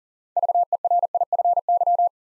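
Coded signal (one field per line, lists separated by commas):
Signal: Morse code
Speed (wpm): 41 wpm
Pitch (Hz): 700 Hz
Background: none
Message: VERIFY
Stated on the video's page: Morse Code Ninja drill at 40 wpm building 6-letter words two letters at a time for instant character recognition.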